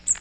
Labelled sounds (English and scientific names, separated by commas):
Magnolia Warbler (Setophaga magnolia) flight call